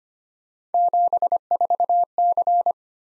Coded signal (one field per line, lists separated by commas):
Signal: Morse code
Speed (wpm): 25 wpm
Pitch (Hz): 700 Hz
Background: none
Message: 74C